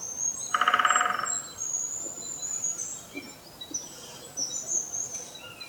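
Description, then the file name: Woodpecker drumming: one quick, even roll of rapid taps lasting under a second, amid thin, high squeaky notes. Woodpeckers, more than one, recorded on 26 December 2019. "freesound - Woodpeckers"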